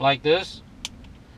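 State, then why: Seated. Someone talks briefly as an FM transmitter's plug is pushed into an extension cable's socket. It snaps home with a sharp click at 0.9 s, followed by a faint tick near 1.1 s, and the plug is seated.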